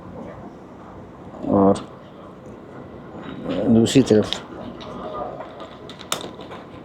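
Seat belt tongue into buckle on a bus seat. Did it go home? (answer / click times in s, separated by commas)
yes / 6.1 s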